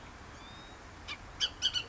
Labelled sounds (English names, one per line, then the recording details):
Bullock's Oriole
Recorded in Sonoma County, California